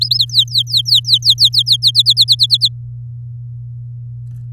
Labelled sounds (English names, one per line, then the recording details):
Domestic Canary song
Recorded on 8 May 2018 at 05:55
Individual llb16